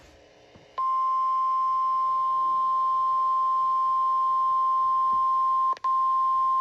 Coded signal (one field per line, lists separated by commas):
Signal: Emergency Alert System (SAME) tones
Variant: 1050 Hz attention tone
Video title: EAS #215 Severe Thunderstorm Warning On NWR